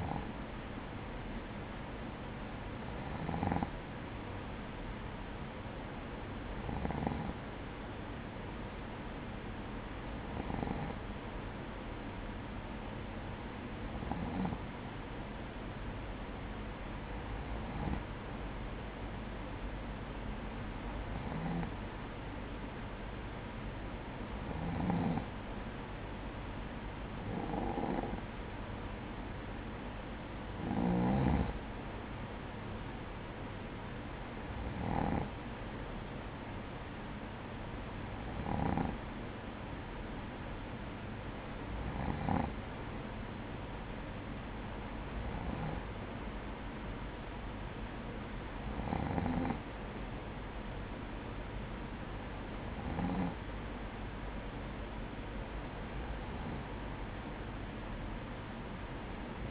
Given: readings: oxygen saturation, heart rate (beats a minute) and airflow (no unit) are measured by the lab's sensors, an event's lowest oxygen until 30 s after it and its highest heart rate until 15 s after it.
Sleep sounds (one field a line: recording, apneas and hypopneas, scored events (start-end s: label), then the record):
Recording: breathing in sleep by a voice recorder at the bedside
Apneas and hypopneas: none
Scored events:
none scored
From the record:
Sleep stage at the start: N2 (light sleep)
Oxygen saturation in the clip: 95%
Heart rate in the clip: 55 to 59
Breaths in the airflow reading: 17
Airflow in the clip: -8.1 to 5.4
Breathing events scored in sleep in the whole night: 180 in 6.7 hours asleep